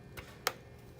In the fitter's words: put it in here, you push and you'll hear a click, and that's all the